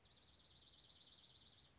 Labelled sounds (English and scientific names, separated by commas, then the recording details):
Dark-eyed Junco (Junco hyemalis)
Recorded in Sonoma County, California